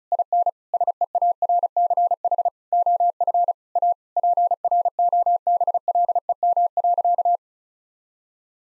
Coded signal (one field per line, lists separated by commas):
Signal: Morse code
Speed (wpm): 36 wpm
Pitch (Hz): 700 Hz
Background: none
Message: IN SEARCH OF A PROBLEM.